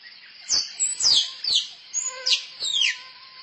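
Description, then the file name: Squirrel chirping: several shrill, descending squeaks in a loose, irregular series over three seconds, with a faint steady tone under the later notes. Female squirrel calling for a mate. "tieng soc cai keu ban tinh"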